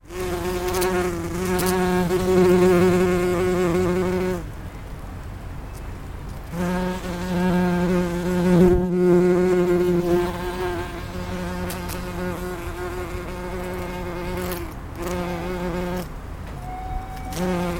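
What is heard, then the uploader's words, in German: A bumblebee buzzes around balcony flowers, its low droning hum rising and falling in pitch as it moves, with brief quieter gaps near 5 and 16 seconds. Faint city noise murmurs steadily in the background. Hummel auf Balkonblumen in der Stadt (Hamburg). Eine Hummel fliegt um die Blüten der Balkonblumen. Im Hintergrund hört man einige Geräusche der Stadt (Hamburg).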